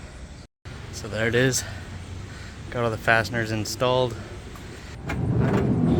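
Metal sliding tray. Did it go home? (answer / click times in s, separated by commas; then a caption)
no / none. A metal sliding cargo tray, freshly bolted into the bed of a 2023 Chevy Colorado pickup, is handled as it is slid toward its locked position. Someone talks through most of the clip, and a steady broadband rustle rises in the last second. Nothing has seated or clicked yet.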